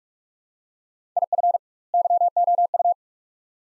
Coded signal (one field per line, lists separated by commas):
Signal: Morse code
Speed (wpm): 44 wpm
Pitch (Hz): 700 Hz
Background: none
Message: IF YOU